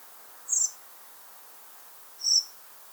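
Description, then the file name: Common blackbird uttering two separate high, thin, hissing whistles nearly two seconds apart, the second slightly lower, against a soft steady background hiss. "Turdus merula"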